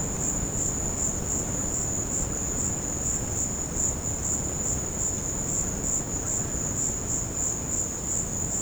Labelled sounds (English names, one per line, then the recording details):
none
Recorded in secondary vegetation near Puerto Asís, Putumayo, Colombia, on 13 March 2025 at 17:00
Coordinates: 0.481, -76.318
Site G097